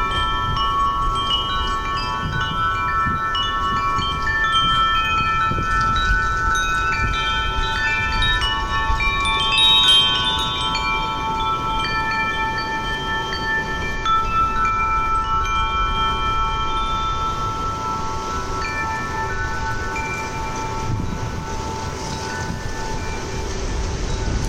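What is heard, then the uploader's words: Chimes tinkle softly and continuously, their bright tones ringing and overlapping so the sound stays dense and steady throughout. A low rumble of wind runs underneath the whole time, with a slightly fuller swell of chiming around the ten-second mark. Sunrise Meditation with Wind Chimes. The soft tinkling of chimes.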